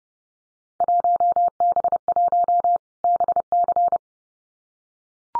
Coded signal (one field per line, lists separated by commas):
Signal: Morse code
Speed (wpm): 30 wpm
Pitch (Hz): 700 Hz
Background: none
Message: 1B1 BC